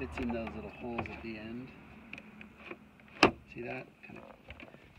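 A replacement plastic shifter dust cover for the Tiptronic console of a 2008 Beetle is pressed into the center console shifter trim so its ends fit into the small holes while someone talks. A sharp, loud click at 3.2 s marks the cover snapping into place, seated in the console, with a few softer taps around it.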